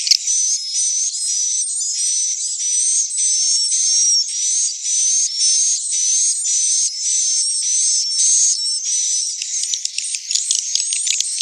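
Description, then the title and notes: Swiftlets give shrill, rapid twitters and thin whistles in repeated bursts, becoming more scattered and clicky near the end. Swiftlet sound used for swiftlet farming in Asia. "Swiflet Bird Sound. Farming Swiflet Bird asia sound"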